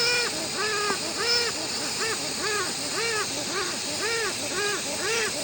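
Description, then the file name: Westland petrel calls: loud, rich arched notes with strong overtones, given at an uneven pace, over a constant hiss. "westland black petrel song"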